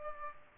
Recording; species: mosquito wingbeat signal from an infrared sensor; Aedes aegypti